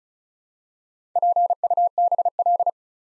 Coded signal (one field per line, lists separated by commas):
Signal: Morse code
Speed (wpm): 36 wpm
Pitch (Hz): 700 Hz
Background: none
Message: PUBL